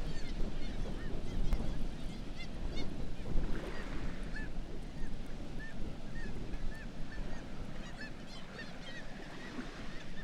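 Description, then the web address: Black-legged kittiwake calls: clusters of brief, arched cries from several birds at once, over a heavy low rumbling noise. "sound Black-legged-kittiwake. صدای-پرنده-کاکایی-پاسیاه"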